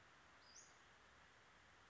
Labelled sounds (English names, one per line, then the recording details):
Western Flycatcher
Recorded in Sonoma County, California